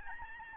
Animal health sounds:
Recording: mosquito wingbeat signal from an infrared sensor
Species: Aedes albopictus

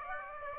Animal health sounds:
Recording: mosquito wingbeat signal from an infrared sensor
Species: Aedes aegypti

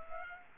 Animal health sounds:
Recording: mosquito wingbeat signal from an infrared sensor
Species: Culex pipiens

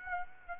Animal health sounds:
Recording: mosquito wingbeat signal from an infrared sensor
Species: Aedes aegypti

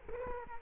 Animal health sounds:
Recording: mosquito wingbeat signal from an infrared sensor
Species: Culex quinquefasciatus

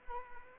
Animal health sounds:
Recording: mosquito wingbeat signal from an infrared sensor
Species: Anopheles arabiensis

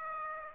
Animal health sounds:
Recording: mosquito wingbeat signal from an infrared sensor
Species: Aedes aegypti

